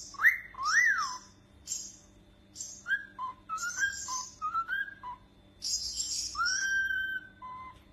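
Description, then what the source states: Cockatiel whistling: rising and falling tonal notes mixed with rough, hissy calls, then a long steady whistle, over a low background hum. Several cockatiels whistling, singing.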